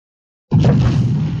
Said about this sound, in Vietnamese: Trong ma quật ngũ hành, toàn bộ không gian trong lòng đất chợt rung động, phát ra những tiếng nổ lớn ầm ầm.